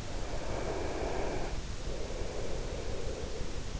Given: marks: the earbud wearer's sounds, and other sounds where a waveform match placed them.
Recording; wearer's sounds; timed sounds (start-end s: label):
sounds in sleep by an in-ear microphone; breath
0.33-3.80 s: breath